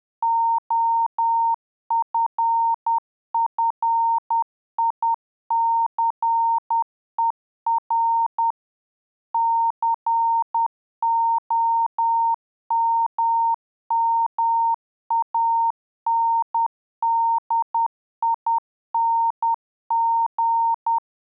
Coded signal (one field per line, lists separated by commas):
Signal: Morse code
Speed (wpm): 10 wpm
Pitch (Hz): 920 Hz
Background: none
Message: OFFICER COMMANDING